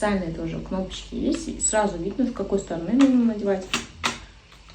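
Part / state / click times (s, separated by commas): nozzle onto vacuum hose handle / not seated / none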